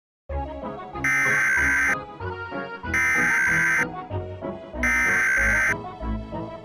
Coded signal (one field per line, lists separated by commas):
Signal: Emergency Alert System (SAME) tones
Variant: header bursts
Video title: Bee Movie Script but it's the EAS